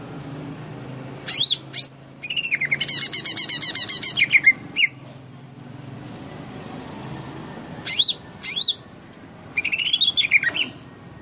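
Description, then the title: Leafbird song: a few loud whistles, a fast rattling series of harsh notes, then pauses and further whistled bursts. Recorded in Kalimantan in 2014; local name cucak ijo. "Suara Burung Cucak Ijo 2014 Kalimantan"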